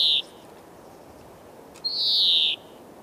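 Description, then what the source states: European greenfinch giving a drawn-out, nasal wheeze that slides gently downward, preceded by a short tonal note, with near-silence between them. Male singing to show breeding readiness; twittering song with wheezing notes, heard again this year.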